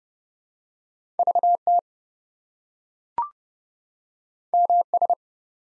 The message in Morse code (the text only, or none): VT MS